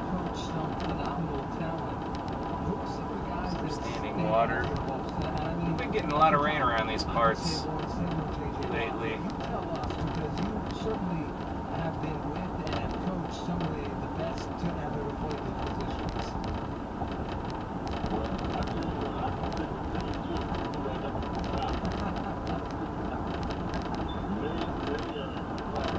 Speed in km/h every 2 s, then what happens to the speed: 68, 68, 68, 66, 66, 64, 64, 63, 66, 66, 66, 69, 71.
0-14 steady at about 66. 14-26 speeds up to 71.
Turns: none.